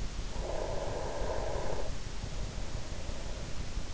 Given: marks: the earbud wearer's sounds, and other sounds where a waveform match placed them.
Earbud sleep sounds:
sounds in sleep by an in-ear microphone; breath
0.25-3.66 s: breath

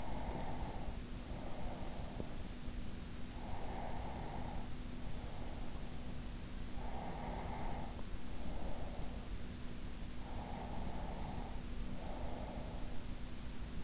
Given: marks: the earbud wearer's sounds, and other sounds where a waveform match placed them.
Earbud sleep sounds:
sounds in sleep by an in-ear microphone; breath
0.00-2.00 s: breath
3.00-6.00 s: breath
7.00-9.00 s: breath
10.00-13.00 s: breath

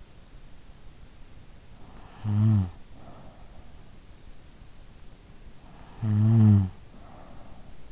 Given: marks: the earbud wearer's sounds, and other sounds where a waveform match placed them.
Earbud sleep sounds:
sounds in sleep by an in-ear microphone; snoring breath
1.69-3.18 s: snoring breath
6.04-7.92 s: snoring breath

